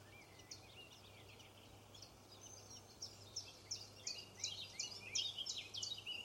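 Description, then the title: Robin chirping: a run of high, sharp chirps and short twittering notes that grows louder and faster toward the end, over a steady low hum. "Robin Birds Chirping"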